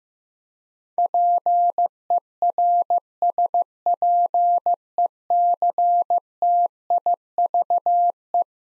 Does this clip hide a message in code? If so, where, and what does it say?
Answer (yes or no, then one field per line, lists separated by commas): yes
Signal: Morse code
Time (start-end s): 1.0-8.4 s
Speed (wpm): 15 wpm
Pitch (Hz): 700 Hz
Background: none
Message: PERSPECTIVE